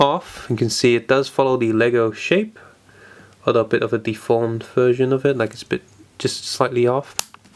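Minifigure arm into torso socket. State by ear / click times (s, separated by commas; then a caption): seated / 7.3 s. Someone talks for most of the clip, then a plastic arm is pushed back into the torso socket of a bootleg LEGO-style minifigure. A sharp click at 7.3 s shows the arm seating firmly, giving a really good click.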